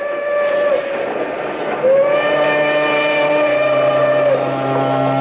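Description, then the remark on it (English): A steam train whistle sounds in a long, steady chord of several harmonic tones, swelling louder partway through and holding over a low rumbling background of the locomotive, as the train pulls into Morris. “We pulled into Morris and took on water for the engine.”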